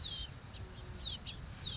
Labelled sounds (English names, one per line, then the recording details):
House Finch
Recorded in Sonoma County, California